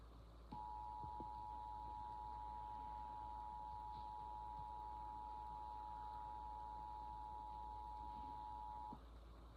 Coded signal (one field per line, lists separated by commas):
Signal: Emergency Alert System (SAME) tones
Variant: 853 and 960 Hz attention tone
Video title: fictional eas tornado watch